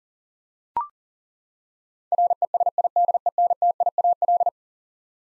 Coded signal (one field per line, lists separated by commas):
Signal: Morse code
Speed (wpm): 40 wpm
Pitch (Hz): 700 Hz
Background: none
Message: RESIDENTIAL